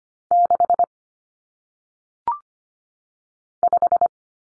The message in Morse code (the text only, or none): 6 5